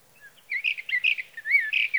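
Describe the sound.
Sage thrasher singing a flowing, varied warble of slurred whistles and quick notes, rising and falling without pause.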